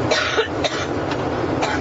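An adult gives three or four short, dry coughs in quick succession over about two seconds, the first the strongest, on a plane. A steady roar of aircraft cabin noise runs underneath throughout.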